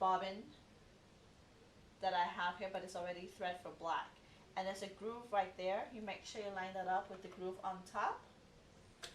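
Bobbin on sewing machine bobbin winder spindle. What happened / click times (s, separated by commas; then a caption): The part is being handled but has not seated yet; no seating click is heard / none. Someone talks while handling a bobbin already threaded with black thread, lining up its groove with the groove on top of a sewing machine's bobbin winder spindle before pushing it down onto the spindle. A brief faint sound occurs right at the end, around 9.0 s, but the bobbin has not yet clicked into place on the spindle.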